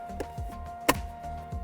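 A plastic console trim plate is pushed back down into the center console of a 2019–2020 Ford Ranger during an Autostop Eliminator install, over background music. A sharp, tap-like snap is heard at 0.9 s as the plate's retaining clips pop into place, and the plate is seated.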